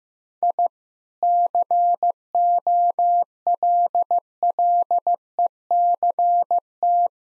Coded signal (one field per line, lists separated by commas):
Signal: Morse code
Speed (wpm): 15 wpm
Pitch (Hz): 700 Hz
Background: none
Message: I COLLECT